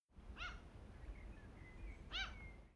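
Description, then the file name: Gull cries: two short, harmonic, down-arching calls about two seconds apart, over a low steady rumble, with faint thin whistles in between. A gull crying on a beach. "seagull cry beach"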